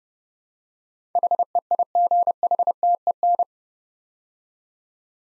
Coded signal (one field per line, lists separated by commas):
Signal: Morse code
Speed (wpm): 30 wpm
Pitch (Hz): 700 Hz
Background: none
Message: HEIGHTEN